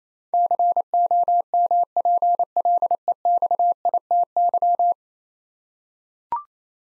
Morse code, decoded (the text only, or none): COMPLEXITY